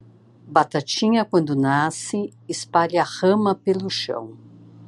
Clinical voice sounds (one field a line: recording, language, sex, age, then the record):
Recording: short text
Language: Brazilian Portuguese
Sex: female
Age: 50 to 59 years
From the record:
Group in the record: control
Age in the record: 56 years